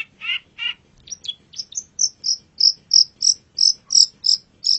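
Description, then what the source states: Long-tailed shrike song: a few harsh buzzy notes, then a steady run of short, high, clipped notes repeated about three times a second. Indonesian name cendet; labelled masteran, a tutor recording of the song.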